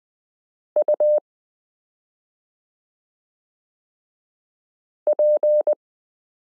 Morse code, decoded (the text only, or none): UP